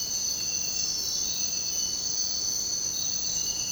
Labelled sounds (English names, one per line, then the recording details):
none
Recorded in dense forest near Puerto Asís, Putumayo, Colombia, on 23 June 2025 at 05:30
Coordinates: 0.499, -76.324
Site G100